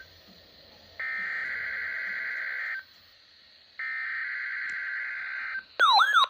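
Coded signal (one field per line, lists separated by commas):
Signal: Emergency Alert System (SAME) tones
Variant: header bursts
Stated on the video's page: New Hampshire Required Monthly Test over NOAA Weather Radio.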